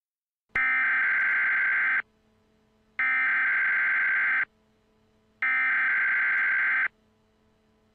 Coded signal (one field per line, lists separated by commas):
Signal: Emergency Alert System (SAME) tones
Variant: header bursts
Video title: EAS Scenario #11: Mickey Error 7 Well Its Still Going